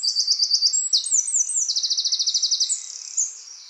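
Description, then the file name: Eurasian wren song: clipped high notes leading into a long, even rattling trill, then a brief pause and a final sharp note. "Troglodytes troglodytes"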